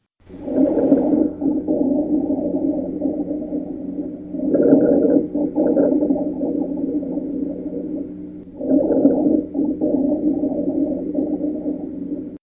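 Rhonchi in the lungs of an adult: continuous low-pitched snoring, rumbling sounds heard through a stethoscope, swelling with each breath.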